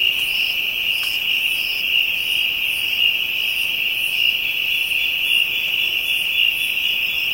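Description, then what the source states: Insects: a continuous high buzz, with faint higher chirps repeated about once a second on top. Ambient insect sounds recorded in Africa.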